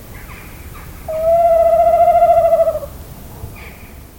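Tawny owl hooting: one loud, tremulous drawn-out hoot lasting nearly two seconds, its pitch trembling rapidly, with faint brief sounds before and after against quiet background noise.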